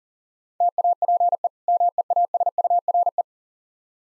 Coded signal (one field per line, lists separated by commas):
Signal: Morse code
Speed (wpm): 40 wpm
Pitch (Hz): 700 Hz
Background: none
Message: TAPE MEASURE